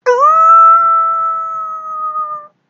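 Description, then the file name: Wolf howling, a single clear tone that slides up quickly, then holds level and smooth for over two seconds before stopping abruptly. "lobo"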